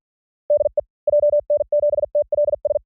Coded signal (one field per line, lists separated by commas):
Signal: Morse code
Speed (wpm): 48 wpm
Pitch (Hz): 590 Hz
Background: none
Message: DE JN7TLS